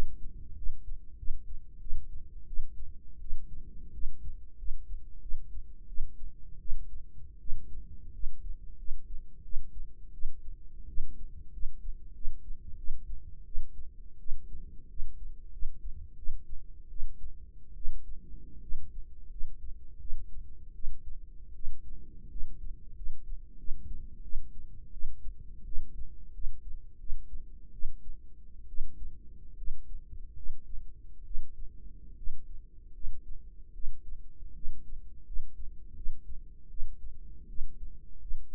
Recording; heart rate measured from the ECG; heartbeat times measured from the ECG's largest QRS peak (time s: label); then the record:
heart sounds by microphone in the right ear; 83 bpm
0.56 s: heartbeat
1.17 s: heartbeat
1.80 s: heartbeat
2.47 s: heartbeat
3.20 s: heartbeat
3.93 s: heartbeat
4.57 s: heartbeat
5.21 s: heartbeat
5.87 s: heartbeat
6.59 s: heartbeat
7.39 s: heartbeat
8.13 s: heartbeat
8.78 s: heartbeat
9.43 s: heartbeat
10.13 s: heartbeat
10.87 s: heartbeat
11.52 s: heartbeat
12.14 s: heartbeat
12.77 s: heartbeat
13.45 s: heartbeat
14.19 s: heartbeat
14.89 s: heartbeat
15.51 s: heartbeat
16.17 s: heartbeat
16.90 s: heartbeat
17.75 s: heartbeat
18.61 s: heartbeat
19.30 s: heartbeat
19.99 s: heartbeat
20.74 s: heartbeat
21.54 s: heartbeat
22.29 s: heartbeat
22.95 s: heartbeat
23.58 s: heartbeat
24.23 s: heartbeat
24.92 s: heartbeat
25.65 s: heartbeat
26.33 s: heartbeat
26.99 s: heartbeat
27.73 s: heartbeat
28.68 s: heartbeat
29.57 s: heartbeat
30.35 s: heartbeat
31.24 s: heartbeat
32.16 s: heartbeat
32.93 s: heartbeat
33.73 s: heartbeat
34.54 s: heartbeat
35.25 s: heartbeat
35.95 s: heartbeat
36.69 s: heartbeat
37.48 s: heartbeat
38.20 s: heartbeat
From the record:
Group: healthy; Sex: female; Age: 22 years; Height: 157 cm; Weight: 47.6 kg